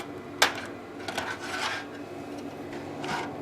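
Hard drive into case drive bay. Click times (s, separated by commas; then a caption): 0.4 s. A 2 TB hard drive slides into a drive bay or caddy in a computer case and clicks into place with a sharp click at 0.4 s. Softer scraping and rubbing sounds follow around 1.1–1.7 s and near 3.0 s. The drive is seated.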